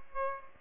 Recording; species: mosquito wingbeat signal from an infrared sensor; Aedes aegypti